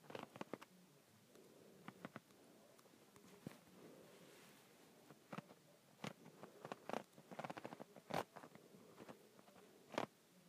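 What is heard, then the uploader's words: A handle is twisted and turned, giving off sharp clicks and short scraping rattles at irregular intervals. The clicks bunch into quick bursts around the middle and after eight seconds, with louder snaps near six, eight and ten seconds over a low steady hum. ASMR Twisting and Turning a Handle.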